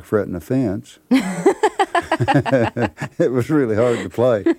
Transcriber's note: soundbite of laughter